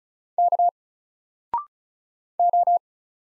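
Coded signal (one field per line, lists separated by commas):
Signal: Morse code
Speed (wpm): 33 wpm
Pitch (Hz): 700 Hz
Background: none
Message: K O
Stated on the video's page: Morse practice of single letters at 35 wpm, each letter sent, then spoken, then sent again.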